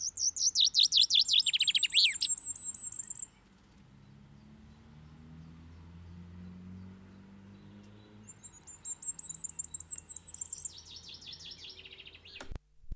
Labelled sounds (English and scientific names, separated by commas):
Common Firecrest (Regulus ignicapilla) song